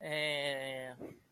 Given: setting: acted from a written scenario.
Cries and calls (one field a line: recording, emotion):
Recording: vocal sound without words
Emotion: embarrassment